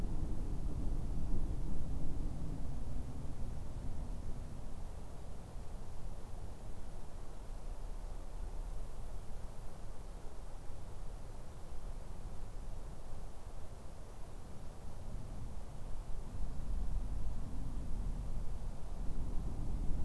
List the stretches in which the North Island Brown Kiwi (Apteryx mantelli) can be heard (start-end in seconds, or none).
none